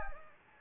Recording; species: mosquito wingbeat signal from an infrared sensor; Anopheles gambiae